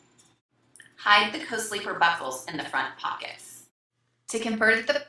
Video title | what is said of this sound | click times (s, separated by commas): ARM'S REACH BASSINET ARM'S REACH CONCEPTS C0 SLEEPER BASSINET MINI ARC REVIEW!+ | up on the top bar so you hear it click aloft and push down on the bottom bar hide | 0.8 s